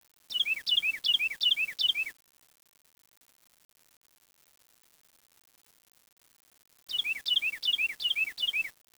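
Bird calls: two bursts of rapid, high, repeated chirps, each with a quick falling note, separated by several seconds of near silence.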